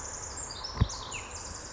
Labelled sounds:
Pacific Wren
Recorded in Sonoma County, California

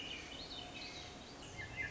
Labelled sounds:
Swainson's Thrush
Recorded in Sonoma County, California

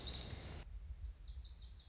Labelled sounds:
Lazuli Bunting
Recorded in Sonoma County, California

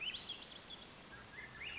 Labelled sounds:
Swainson's Thrush
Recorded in Sonoma County, California

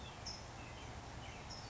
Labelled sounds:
California Towhee
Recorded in Sonoma County, California

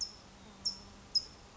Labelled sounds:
California Towhee
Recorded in Sonoma County, California

